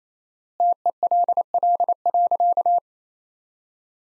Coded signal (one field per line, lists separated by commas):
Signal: Morse code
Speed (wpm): 28 wpm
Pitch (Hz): 700 Hz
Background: none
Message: TELL.